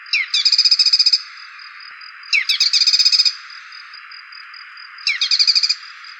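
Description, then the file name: Dark-necked tailorbird delivering three rapid trilled phrases, each starting with a downward chip and separated by short pauses, against a droning insect chorus. "cinenen belukar"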